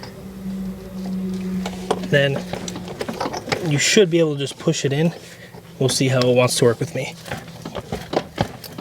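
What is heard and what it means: The new CV axle's inner spline end is handled and pushed by hand toward the transmission of a VW Jetta, with short knocks and taps heard as someone talks. Nothing has seated or clicked yet; the axle is not yet home in the transmission.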